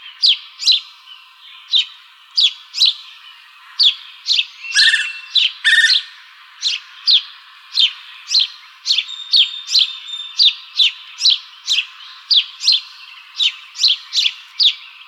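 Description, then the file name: House sparrow chirps, short bright notes repeated steadily about twice a second, with a pair of harsher, broader calls about a third of the way through. Recorded in Arizona on 15 April 2006. "HOSP 4 deviche"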